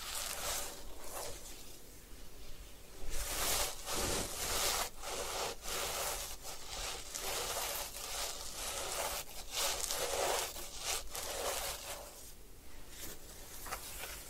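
Hair washing and scalp massage: a steady run of soft, bright rubbing and rustling strokes, dense and irregular, with frequent short scratchy bursts every second or so. Louder scrubbing swells come around three to six seconds and again near ten, over a faint low hum.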